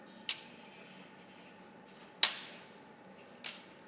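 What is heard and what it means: An FSA torque wrench with a 5 mm hex key tightens the M6 crank arm pinch bolt a quarter turn to 11–15 Nm on an FSA MegaExo alloy road crankset, fitted with the EE084 adapter to a BB386EVO frame. Three short, sharp ticks are heard at 0.3, 2.2 and 3.5 seconds. The loudest one, at 2.2 seconds, is the wrench clicking at its set torque.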